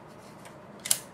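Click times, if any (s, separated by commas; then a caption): 0.9 s. After lithium grease is brushed onto its tracks, the pick arm of a final-generation SX-70 Model 1 instant film camera is worked along them. Following near silence, a short scrape at 0.9 s leads into a sharp, bright click at 0.9 s. The pick arm clicks into place, which is the normal sound it should make.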